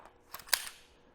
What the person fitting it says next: you hear that click